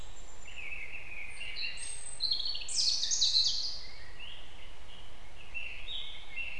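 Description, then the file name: European robin song: scattered thin high whistles and one brighter jumbled trill in the middle, partly lost in a steady low hiss and rumble. "Erithacus rubecula"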